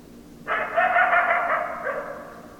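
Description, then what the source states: Coyote call, a harsh, broad, slightly wavering sustained cry with a brief rougher burst near the end. Recorded 10 December 2012.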